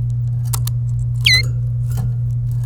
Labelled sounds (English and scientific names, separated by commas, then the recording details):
Domestic Canary (Serinus canaria) song
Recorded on 27 April 2018 at 15:01
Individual llb3